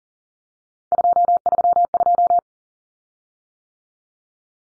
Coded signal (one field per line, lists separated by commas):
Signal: Morse code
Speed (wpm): 40 wpm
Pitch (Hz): 700 Hz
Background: none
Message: 232